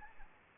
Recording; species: mosquito wingbeat signal from an infrared sensor; Anopheles gambiae